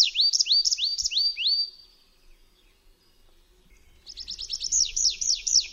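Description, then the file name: Tree pipit singing repeated sweeping, rising notes. A quiet gap follows, then a fresh burst of quick high notes with faint low rustling beneath. "ŚWIERGOTEK DRZEWNY"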